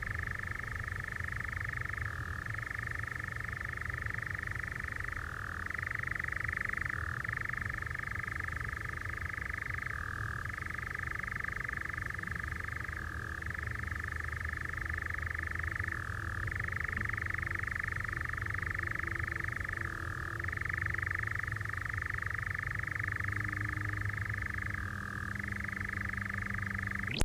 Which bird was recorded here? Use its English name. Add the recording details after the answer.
Eurasian Nightjar. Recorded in the wild. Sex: male. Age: adult. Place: Oerlinghausen, Teutoburger Wald, Nordrhein-Westfalen, DE. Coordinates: 51.9667, 8.66667. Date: 1972-06-04. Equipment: Uher 4200 Report Stereo, Bändchenmikro Beyer M 260, Parabolspiegel Polyester (600 mm). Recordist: Conrads, Klaus